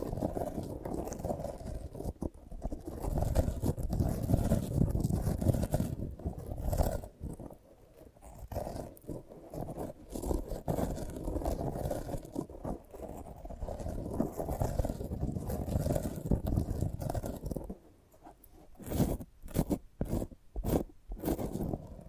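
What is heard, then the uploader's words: Handling of a sprouted coconut: a dense, low scraping and rubbing runs steadily through most of the recording with brief dips. Around 18 seconds it goes quiet, then a series of sharp, bright taps follows at fairly regular intervals until the end. ASMR of a Sprouted Coconut (No Talking).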